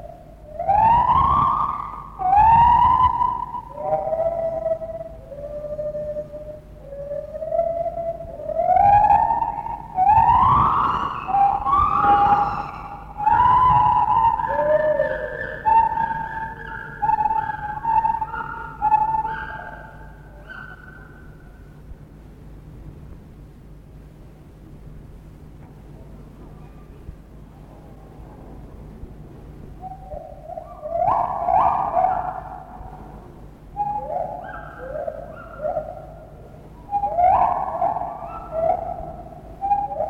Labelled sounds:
Lar Gibbon
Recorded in captivity
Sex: pair
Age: adult
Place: Zoo Berlin, Berlin, DE
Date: 1960-10-09 12:00
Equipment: Minifon, Kopie Smaragd
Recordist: Tembrock, Günter

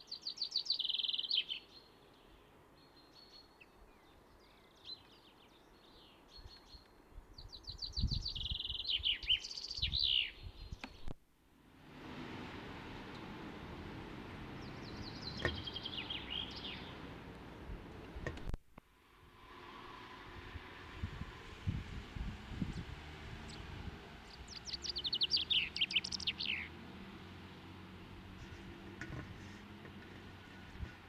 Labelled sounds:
Common Chaffinch song
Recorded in the wild
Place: Garmisch-Partenkirchen, Bayern, DE
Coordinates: 47.4917, 11.0956
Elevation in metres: 704
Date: 1973-04-28
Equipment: Nagra IV, Sennheiser MKH 405, Parabolreflektor
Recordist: Tretzel, Erwin

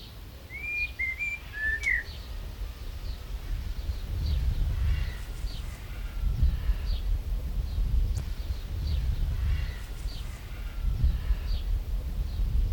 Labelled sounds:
White-rumped Shama
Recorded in captivity
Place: Zoo Berlin, Berlin, DE
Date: 1995-07-22 18:49
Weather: heiter, 20-22°C
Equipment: Sony WM-D6C, Sennheiser ME 80, Kopie Uher 4000 Report Monitor
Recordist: Tembrock, Günter

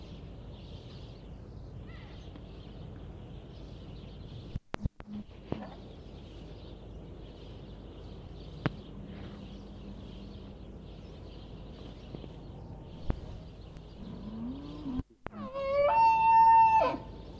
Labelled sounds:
Wapiti
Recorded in captivity
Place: Tierpark Berlin, Berlin, DE
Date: 1964-11-10 14:00
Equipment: R 21, Vollspur
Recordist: Tembrock, Günter
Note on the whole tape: Wapiti. Tier läuft umher: Lippenlaute, Rufe. Abstand: 6-12 m

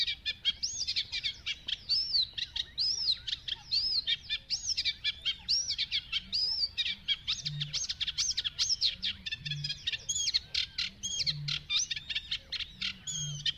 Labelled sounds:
Eurasian Reed Warbler
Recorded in the wild
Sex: male
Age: adult
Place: Kützerhof, Kummerower See, Mecklenburg-Vorpommern, DE
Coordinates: 53.8531, 12.8686
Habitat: wetland
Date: 2010-06-10
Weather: 15°C, almost no wind
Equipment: Sound Devices 702, Sennheiser MKH 70, Rycote Windschutz
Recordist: Frommolt, Karl-Heinz

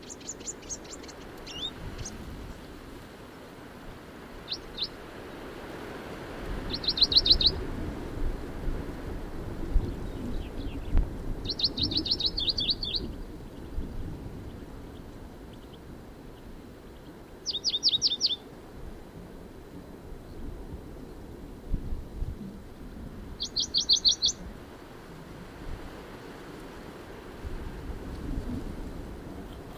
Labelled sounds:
Western Bonelli's Warbler
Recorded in the wild
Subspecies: bonelli
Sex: male
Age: adult
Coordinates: 36.3667, 2.46667
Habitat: hillside with trees
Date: 1965-06-15 14:45
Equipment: LGS26
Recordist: Jeserich, E

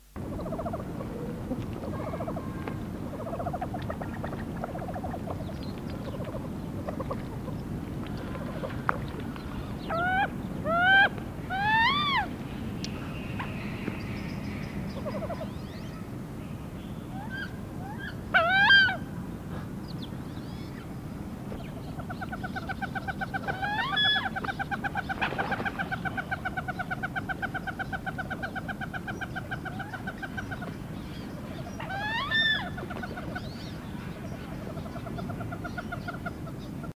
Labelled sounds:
Wood Duck call
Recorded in captivity
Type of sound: call
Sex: diverse
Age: adult
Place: Zoo Gelsenkirchen, Nordrhein-Westfalen, DE
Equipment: Halbspur, 9,5 cm/s
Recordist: Lütgens, Hans
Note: Vvor allem Weibchen

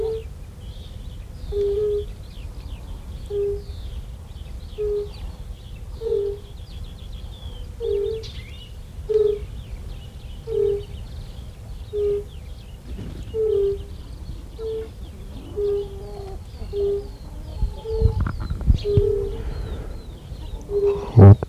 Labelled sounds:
Fire-Bellied Toad call
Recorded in the wild
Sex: male
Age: adult
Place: Feldberg - Lüttenhagen, Mecklenburgische Seenplatte, Mecklenburg, DE
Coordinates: 53.3394, 13.3856
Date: 1976-06-23 17:53
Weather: diesig, 22°C
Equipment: Uher CR 210, Sennheiser MD 421 HL, Verstärker, Reflektor, Kopie Uher 4200
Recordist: Tembrock, Günter
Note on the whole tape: Dorfteich. Rufe

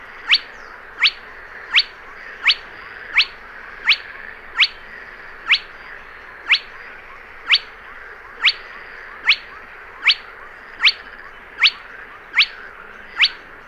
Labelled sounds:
Spotted Crake
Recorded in the wild
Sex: male
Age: adult
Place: Kützerhof, Kummerower See, Mecklenburg-Vorpommern, DE
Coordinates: 53.8503, 12.8789
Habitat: wetland
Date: 2008-06-10
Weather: ca. 15°C, fast windstill
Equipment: Sound Devices 702, Sennheiser MKH 70, Windkorb
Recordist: Frommolt, Karl-Heinz

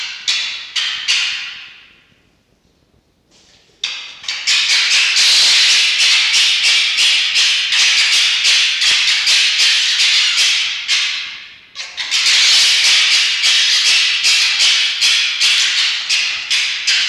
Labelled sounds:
Red Fox
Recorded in captivity
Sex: female
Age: adult
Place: Zoologisches Institut der HUB, Berlin, DE
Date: 1952-11-05 19:25
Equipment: Elmetra
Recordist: Tembrock, Günter

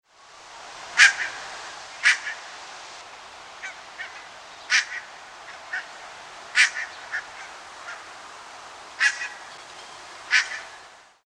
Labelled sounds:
Barnacle Goose
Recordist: Tembrock, Günter
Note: Kurzlaute

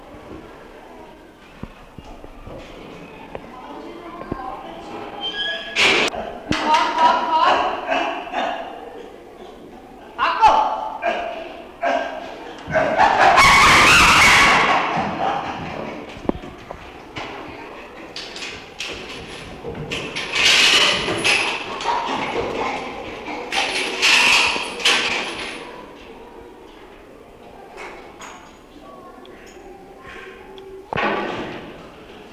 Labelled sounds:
Chimpanzee
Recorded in captivity
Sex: group
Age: diverse
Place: Tierpark Berlin, Berlin, DE
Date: 1966-10-05
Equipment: Tesla Uran
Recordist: unbekannt, keine Angabe

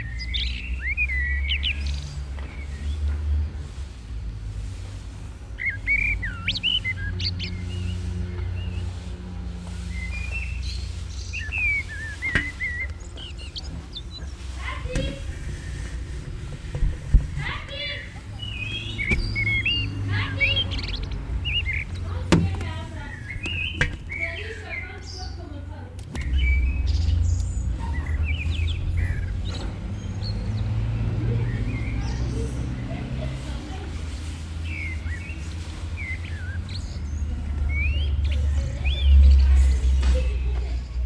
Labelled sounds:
Common Blackbird song
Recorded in the wild
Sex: male
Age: adult
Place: Garmisch-Partenkirchen, Bayern, DE
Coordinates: 47.4917, 11.0794
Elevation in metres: 703
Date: 1969-04-13
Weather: Schneefall
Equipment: Uher 4000 Report
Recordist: Tretzel, Erwin

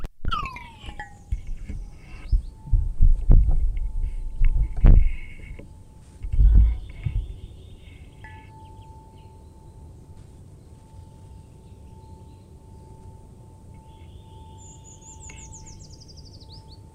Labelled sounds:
Eurasian Treecreeper
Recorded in the wild
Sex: male
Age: adult
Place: Freiburg, Baden-Württemberg, DE
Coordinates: 48.0333, 7.82472
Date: 1960-03-28
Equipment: Maihak MMK 4, Sennheiser MD 82
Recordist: Thielcke, Gerhard

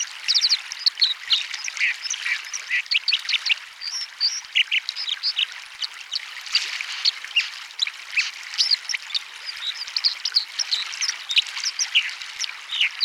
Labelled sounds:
White-throated Dipper song
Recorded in the wild
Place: Buchheim im Breisgau / Fluss Dreisam, Baden-Württemberg, DE
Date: 1976-01-25
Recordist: Schwarz, Dieter
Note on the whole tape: Song

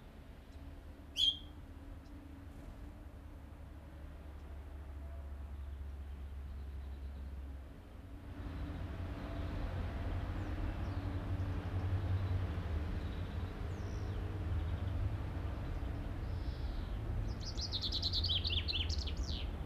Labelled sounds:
Common Chaffinch
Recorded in the wild
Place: Oberstdorf, Bayern, DE
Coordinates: 47.4103, 10.2797
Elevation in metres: 809
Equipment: Uher 4000 Report
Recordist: Tretzel, Erwin

